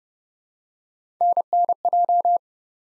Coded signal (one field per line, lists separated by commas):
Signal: Morse code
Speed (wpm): 31 wpm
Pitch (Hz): 700 Hz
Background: none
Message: NNJ